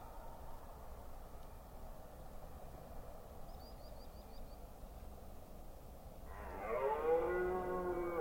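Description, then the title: Red deer stag letting out a deep, harsh, rich roar in the final seconds, after a quiet stretch with faint wind and a brief series of thin bird notes. Rutting season, Forêt d'Orléans, France. "Red Deer Rut - Forêt d'Orleans, France"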